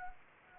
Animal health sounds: mosquito wingbeat signal from an infrared sensor; Anopheles gambiae

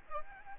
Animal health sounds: mosquito wingbeat signal from an infrared sensor; Aedes aegypti

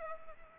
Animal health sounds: mosquito wingbeat signal from an infrared sensor; Culex pipiens

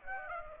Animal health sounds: mosquito wingbeat signal from an infrared sensor; Aedes aegypti

